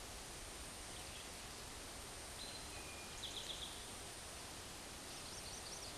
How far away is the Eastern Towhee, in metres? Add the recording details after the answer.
about 65 m. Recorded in a Pennsylvania forest on 17 May 2023 at 13:16. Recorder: AudioMoth, point grid1_12_low. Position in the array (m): 120 m, 85 m